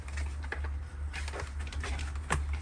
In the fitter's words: of hear it pop into place there